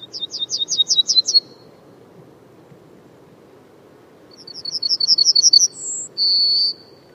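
Bird song heard twice: a quick run of high, sweeping chirps, then after a pause a longer chirp series ending in a brief whistle and a sustained high whistle.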